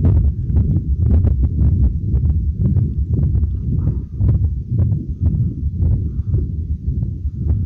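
Rapid, somewhat irregular low heart thumps at roughly 115 a minute sit within a continuous rumbling, churning noise that never stops between beats: Gibson's machinery murmur of a patent ductus arteriosus. Its sound ranges from humming and purring to clanging or rolling thunder depending on severity. It is heard best at the upper left sternal border and may be audible from the back.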